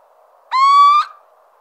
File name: Cheveche-d Athena